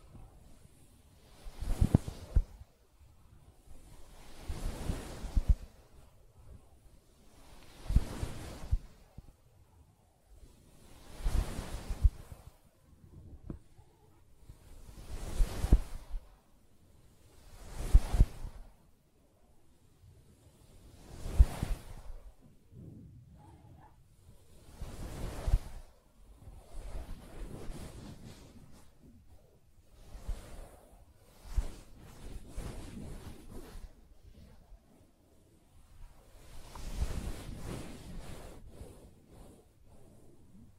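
Soft scratching on a fabric surface comes in slow, even strokes about every three seconds, each a brief rising and fading hiss over a low rumble. After about 27 seconds the strokes turn smaller, busier and less regular, with faint taps between them.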